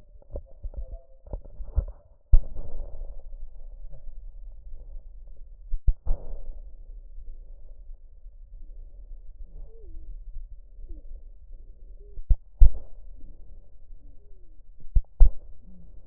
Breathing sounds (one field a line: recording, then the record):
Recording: lung sounds by stethoscope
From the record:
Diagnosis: chronic bronchitis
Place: left posterior upper chest